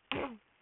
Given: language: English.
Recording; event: throat vibration sensor signal played as sound; throat clearing